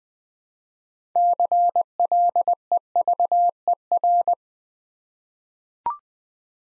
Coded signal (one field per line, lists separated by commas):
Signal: Morse code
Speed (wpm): 20 wpm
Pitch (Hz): 700 Hz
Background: none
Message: CLEVER